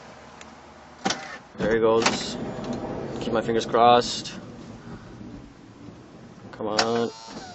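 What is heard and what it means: An Odyssey power sliding door, with its rear latch freshly lubricated and adjusted, is closed and driven toward the body striker while someone talks. A motor whirs under the speech, with a brief sharp sound at 0.4 s. The clip ends as the door closes, and nothing has seated or clicked yet.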